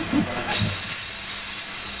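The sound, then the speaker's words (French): An electric kettle coming to the boil: after a brief low rumble, a loud, steady high-pitched hiss of steam rises abruptly and holds evenly to the end. “Selon modèle, la lumière intérieure ou le voyant lumineux s'éteindra en même temps que l'eau arrivera à ébullition.”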